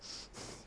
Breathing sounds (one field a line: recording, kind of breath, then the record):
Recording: one breath in and out by a microphone near the nose and mouth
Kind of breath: strong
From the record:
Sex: male